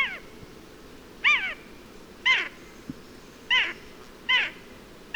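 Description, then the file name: Eurasian jay calling with a series of several loud, nasal mews, each falling in pitch, over a quiet background. "Garrulus glandarius"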